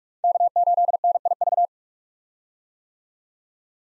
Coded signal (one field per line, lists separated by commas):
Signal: Morse code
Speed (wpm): 42 wpm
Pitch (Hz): 700 Hz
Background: none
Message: K8NIV